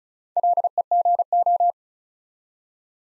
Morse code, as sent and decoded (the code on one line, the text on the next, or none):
.-.. . --. ---
LEGO